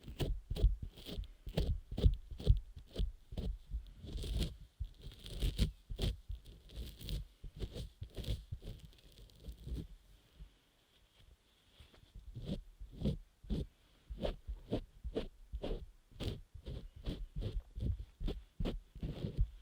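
Ear massage sounds: a fast, fairly regular run of soft thumping taps and rubs, roughly two or three per second, with muffled low thuds and brighter scratchy edges. A brief quieter lull falls around ten to twelve seconds before the rhythmic rubbing resumes.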